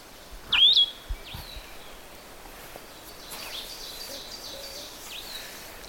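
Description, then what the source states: Vireo song: a single loud, slurred whistled phrase early on, followed by soft background hiss. Male coniferous-woods vireo singing live from conifers while moving closer; its nests found fairly low in conifers.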